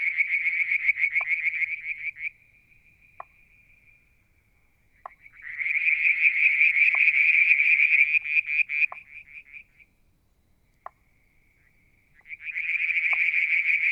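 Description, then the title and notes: Frogs in bursts of fast, high pulsed trilling: three loud bouts separated by quieter stretches, with single sharp lower pops now and then. Striped marsh frog, Verreaux's tree frog and an unidentified frog calling one July 2022 evening near a water tank at Mount Wilson, New South Wales, Australia. "Frog song, Mount Wilson, New South Wales, Australia in July 2022 – by Alexander Moffatt. Limnodynastes Peronii, Litoria Verreauxii and a mystery frog one evening near the water tank"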